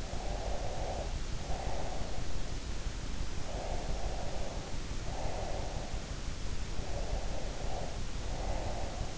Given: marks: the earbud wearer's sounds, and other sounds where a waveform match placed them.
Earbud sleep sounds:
sounds in sleep by an in-ear microphone; breath
0.10-2.30 s: breath
3.46-6.08 s: breath
6.79-9.18 s: breath

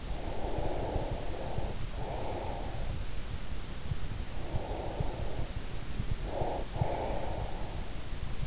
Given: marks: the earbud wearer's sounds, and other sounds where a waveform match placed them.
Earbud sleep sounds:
sounds in sleep by an in-ear microphone; breath
0.00-3.02 s: breath
4.20-7.77 s: breath

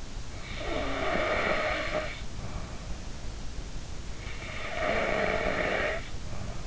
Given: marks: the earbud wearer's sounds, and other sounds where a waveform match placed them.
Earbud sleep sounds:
sounds in sleep by an in-ear microphone; snoring breath
0.52-2.97 s: snoring breath
4.57-6.67 s: snoring breath

